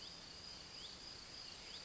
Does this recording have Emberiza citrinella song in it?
no